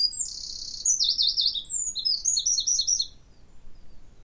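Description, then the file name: Eurasian wren singing a fast, shrill, high-pitched sequence of buzzy trills and sharp notes for about three seconds. "Troglodytes troglodytes"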